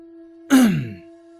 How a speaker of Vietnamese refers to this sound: Vũ Tam gia đằng hắng một tiếng thốt.